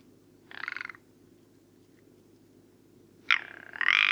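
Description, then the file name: Rock ptarmigan calling twice: a short ticking croak, a pause of over two seconds, then a loud grating rattle that carries on to the end. Recorded at Karwendelspitze on 6 July 2014. "Alpenschneehuhn. Karwendelspitze. Michle Pron"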